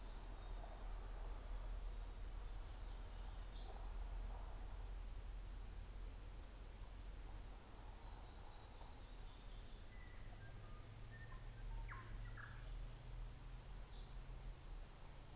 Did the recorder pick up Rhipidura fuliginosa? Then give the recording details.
no. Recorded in New Zealand on 24 December 2018. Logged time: 14:50